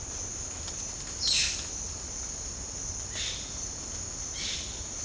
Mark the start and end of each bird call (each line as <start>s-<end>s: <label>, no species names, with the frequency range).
1.18s-1.66s: bird call (0.9-9.8 kHz)
3.05s-3.56s: bird call (1.1-8.6 kHz)
4.26s-4.79s: bird call (1.6-9.2 kHz)